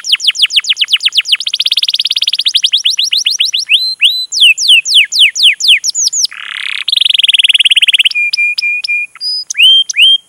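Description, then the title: Canary song of rapid repeated sweeping notes, a rough buzzy burst, a rolling trill and steady flat whistled tones, delivered loudly and continuously. Long, lively canary song used as a lure to prompt other canaries to sing. "PANCINGAN Kenari GACOR PANJANG. Pancingan Gacor Masteran"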